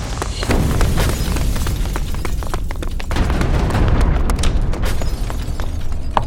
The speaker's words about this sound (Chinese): 船上的杂物间发生了爆炸，所幸没什么大。